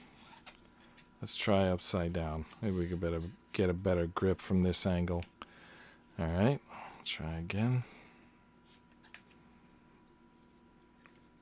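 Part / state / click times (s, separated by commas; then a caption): plywood part into a wooden model car assembly / not seated / none. A plywood part is pushed into its slot on a Ugears Dream Cabriolet VM-05 wooden model car, with the model turned upside down for a better grip. Someone talks, then after a quiet stretch a few faint, brief taps are heard, with no popping sound. Nothing has seated or clicked yet, and the part is not all the way in.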